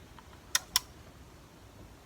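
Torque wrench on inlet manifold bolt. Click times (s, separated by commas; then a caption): 0.6 s, 0.8 s. On a 2014 Holden Cruze having its leaking inlet gasket replaced, inlet manifold bolts are tightened from the middle with a torque wrench set to about 11 Nm. Two short, sharp, bright clicks at 0.6 s and 0.8 s rise clearly above a quiet background. The wrench clicks at its setting, confirming the bolt has reached torque.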